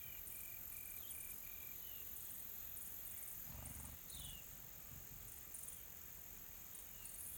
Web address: Sonniss - GDC 2020-Game Audio Bundle Smart Sound FX - Nature South Africa AMBIENCE Additional Tropical Forest Soft Insects Calm